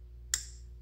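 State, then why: Seated. A Sig Juliet 3x magnifier's quick-detach mount is put back onto a rifle rail, and its lever closes with a single sharp, bright click at 0.3 s over a low steady hum. The mount is seated firmly in place, snapping in positively and easily.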